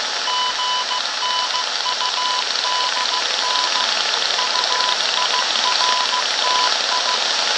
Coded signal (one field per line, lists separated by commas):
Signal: Morse code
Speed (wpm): 15 wpm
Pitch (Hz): 1000 Hz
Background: none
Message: GNUDN UIRTI